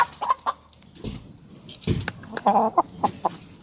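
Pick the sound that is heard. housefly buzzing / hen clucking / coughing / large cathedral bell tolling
hen clucking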